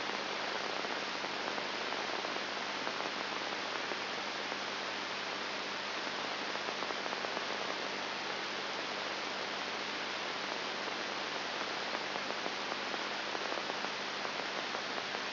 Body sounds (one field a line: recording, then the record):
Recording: brain microelectrode recording played as sound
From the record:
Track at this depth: inside the subthalamic nucleus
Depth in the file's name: 4.101 mm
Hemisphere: left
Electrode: 3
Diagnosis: Parkinson's disease